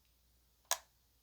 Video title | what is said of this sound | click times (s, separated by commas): Building The Enterprise D Part 11 Stages 39, 40, 41, 42 | Oh, you can even hear it kind of snap in there. | 0.7 s